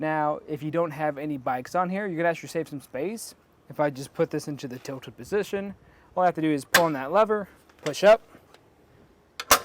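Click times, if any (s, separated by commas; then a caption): 9.4 s. Someone talks while pulling the lever on an empty steel Saris MHS DUO 2-bike hitch rack on a 2023 Ford Transit T350 and pushing the rack up to save space when no bikes are on it. A sharp click at 9.4 s is the tilt latch on the rack mast seating the rack in its folded, upright storage position.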